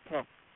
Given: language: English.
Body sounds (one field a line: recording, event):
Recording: throat vibration sensor signal played as sound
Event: speech